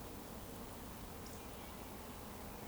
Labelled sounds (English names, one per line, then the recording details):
Eurasian Woodcock whistle
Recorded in Baden-Württemberg, Germany, on 23 June 2020 at 19:29 UTC
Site 14569, 102 m above sea level